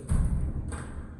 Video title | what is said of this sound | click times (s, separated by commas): Window me Best silicone karne ka tarika | ये lock हो गया यहाँ पर और इसको ये अनलॉक कर दे। | 0.1 s